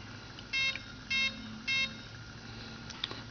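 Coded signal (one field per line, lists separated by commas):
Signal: beep code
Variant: Align 70A ESC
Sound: three short buzzy electronic beeps, evenly spaced, about half a second apart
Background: low room hum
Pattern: 3 short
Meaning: Item 5 is set to the high-stick option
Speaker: and then three beeps again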